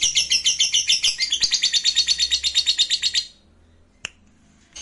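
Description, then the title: Lovebird song: a fast, pulsing run of high, scratchy twitters lasting about three seconds, then a single sharp click and a short burst at the end. "Suara Lovebird Ini"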